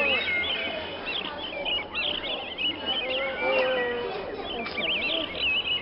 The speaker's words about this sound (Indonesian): Sampailah mereka di kandang burung. Beraneka macam burung ada di sana. Ada nuri, ada jalak, ada merak, dan masih banyak lagi.